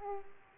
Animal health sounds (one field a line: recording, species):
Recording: mosquito wingbeat signal from an infrared sensor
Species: Aedes aegypti